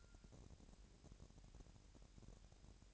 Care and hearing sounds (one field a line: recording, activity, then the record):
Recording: daily activity, microphone in the room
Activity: take from stove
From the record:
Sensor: 2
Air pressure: 1012.0 hPa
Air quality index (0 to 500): 185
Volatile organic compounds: 3 ppm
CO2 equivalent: 1317 ppm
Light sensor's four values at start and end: 78/184/76/73 and 78/184/76/73